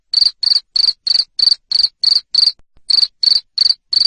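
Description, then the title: Cricket giving bright high-pitched chirps, evenly spaced at roughly three a second, with a brief gap after the eighth chirp. Loud cricket chirping (ngerik) played to make lovebirds keep singing (ngekek). "Suara JANGKRIK NGERIK Keras Bikin LOVEBIRD Jadi NGEKEK Terus Vubey"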